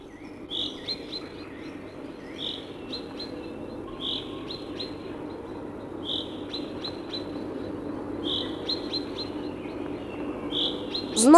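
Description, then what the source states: Common chaffinch calls: short high notes repeated about every two seconds, each followed by faint ticks, with a low background hum. Sad call, known as рюмить, usually given before rain, signalling that rain is coming soon.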